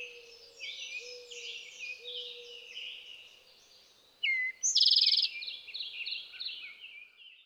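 Eastern towhee giving one loud song, a sliding note into a dense rapid trill, standing out from a thick background chorus of twittering birds and a soft low tone.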